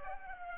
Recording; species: mosquito wingbeat signal from an infrared sensor; Culex pipiens